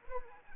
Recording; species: mosquito wingbeat signal from an infrared sensor; Anopheles arabiensis